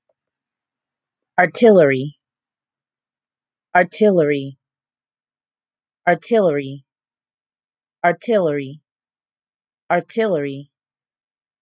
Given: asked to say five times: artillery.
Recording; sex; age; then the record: repeated word; female; 30 to 39 years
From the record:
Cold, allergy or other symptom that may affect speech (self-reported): no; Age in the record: 33 years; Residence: New Jersey, United States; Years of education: 13